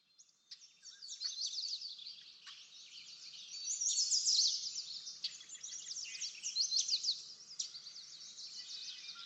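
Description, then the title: Bird song, many overlapping high chirps and sweeping whistles, busy throughout. Backyard. "Backyard Birds - Ambient Nature Bird Sounds"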